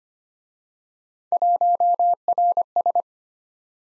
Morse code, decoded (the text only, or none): 1RS